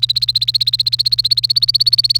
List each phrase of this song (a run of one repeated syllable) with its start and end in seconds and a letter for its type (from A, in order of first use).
0.00-2.18 A